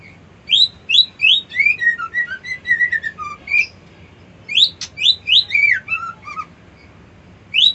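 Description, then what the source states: White-eye song, a long rapid run of high twittering chirps and slurred whistles in two extended bursts. Song style called ngerol ngalas.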